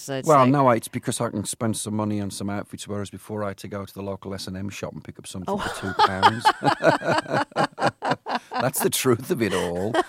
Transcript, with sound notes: Well, no, it's because I can spend some money on some outfits, whereas before I had to go into the local S&M shop and pick up something for 2 pounds.
Oh!
(Soundbite of laughter) That's the truth of it all.